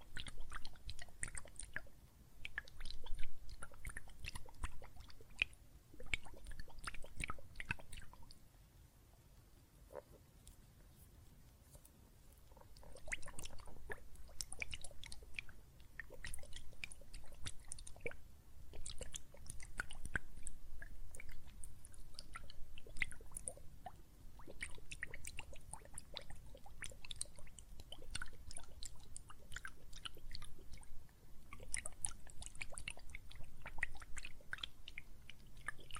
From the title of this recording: Water and Soap Foam Sounds